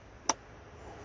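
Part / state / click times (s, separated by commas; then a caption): small hose connector into the air filter housing / seated / 0.3 s. A small hose connector on the engine air filter housing of a 2012–2019 Volkswagen Beetle Turbo is pushed onto its fitting. It snaps into place with one sharp, bright click at 0.3 s over a quiet background. The connector is seated.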